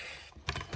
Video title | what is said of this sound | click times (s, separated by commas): Harbor Freight Bauer surface conditioning tool!!!! | A little detent locks in place to, is that left-hand thread? | 0.5 s